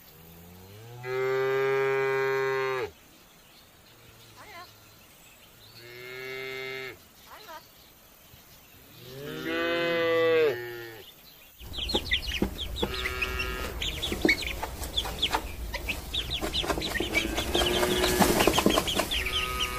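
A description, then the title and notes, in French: Farm animals: three long cow moos in the first twelve seconds, then a dense rush of noise with chickens clucking and squawking throughout. A la ferme avec ses animaux.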